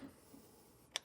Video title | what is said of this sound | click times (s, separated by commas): etrailer - An In-Depth Look at the DeeMaxx Brake Pads | There we go. Now it's fully clicked it in. | 1.0 s